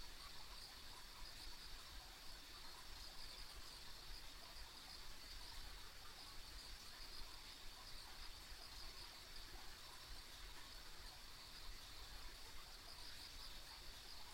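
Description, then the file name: Insects calling together in a constant, even, high trill, with no pauses, set against quiet low-pitched background noise. Ambient insect sounds recorded along a rural country road. "田舎道の虫の環境音"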